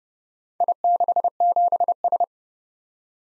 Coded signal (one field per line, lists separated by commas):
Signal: Morse code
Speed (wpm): 31 wpm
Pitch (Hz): 700 Hz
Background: none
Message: I67S